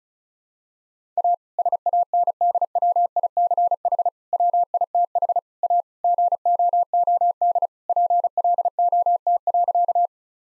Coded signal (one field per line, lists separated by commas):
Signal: Morse code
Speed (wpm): 34 wpm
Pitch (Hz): 700 Hz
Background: none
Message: A SANDWICH WITH A GOOD PLOT.